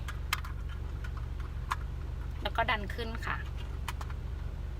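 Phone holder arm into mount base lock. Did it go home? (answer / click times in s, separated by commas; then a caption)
no / none. Someone talks while the plastic arm of a car phone holder is pushed up into the locking part on the back of the mount base, with light plastic taps and handling noises over a steady low hum. Nothing has seated or clicked yet.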